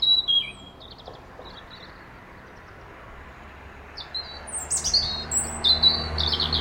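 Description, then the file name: European robin song fragments: a brief high trill at the start, silence, then scattered thin whistles and warbles. "Erithacus rubecula"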